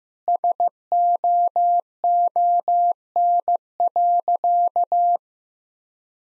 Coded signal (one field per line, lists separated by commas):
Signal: Morse code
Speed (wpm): 15 wpm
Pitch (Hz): 700 Hz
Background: none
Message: SOON.